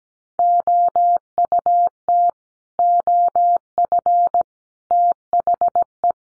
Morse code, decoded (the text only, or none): OUT OF THE